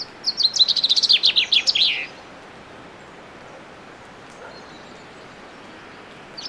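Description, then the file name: Common chaffinch song: one fast, descending trill of bright notes lasting about two seconds and ending in a flourish, over steady background hiss. "Fringilla coelebs"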